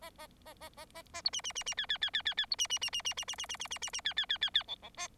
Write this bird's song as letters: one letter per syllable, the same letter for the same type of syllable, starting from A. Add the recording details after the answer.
A A A A A A A B C C C C D D D D D D B C C C C C C C C C C C C C D D D D D E E A. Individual Bird4